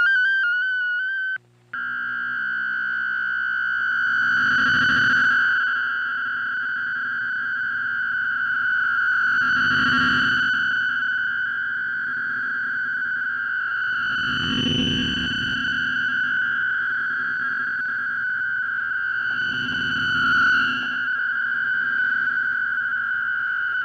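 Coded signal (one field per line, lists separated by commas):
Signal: fast PSK data mode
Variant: PSKR250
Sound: continuous warbling buzzy tone near 1.5 kHz, steady, with faint higher overtone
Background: low rumble swells, shortwave static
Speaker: we'll increase the speed again to 220 words per minute the mode is pskr 250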